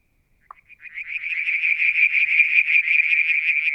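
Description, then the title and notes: A frog's pulsed trill starts with a few hesitant notes after a click, then quickly builds into a steady, loud, rapid rattling trill. Mount Wilson, New South Wales, Australia; July 2022; one evening near a water tank; striped marsh frog, Verreaux's tree frog and an unidentified frog calling. "Frog song, Mount Wilson, New South Wales, Australia in July 2022 – by Alexander Moffatt. Limnodynastes Peronii, Litoria Verreauxii and a mystery frog one evening near the water tank"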